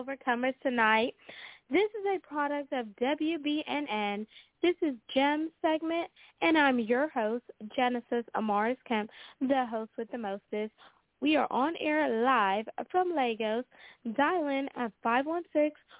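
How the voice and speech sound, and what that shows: Clear, fluent adult female voice opening a live radio show over a phone-quality line; ordinary speech.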